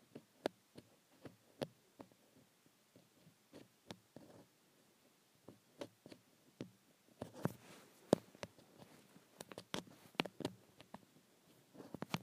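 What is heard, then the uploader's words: Acrylic nails tap on a phone screen in short, sharp clicks, sometimes single and sometimes in quick pairs or bursts. The tapping is dry, sparser at first and growing busier and more clustered after about seven seconds, over a faint low hum. ASMR Acrylic Nails on Phone Screen.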